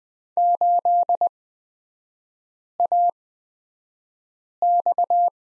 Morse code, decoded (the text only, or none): 8AX